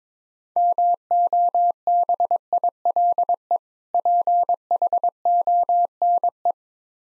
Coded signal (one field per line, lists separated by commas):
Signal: Morse code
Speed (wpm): 22 wpm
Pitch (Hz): 700 Hz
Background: none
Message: MOBILE PHONE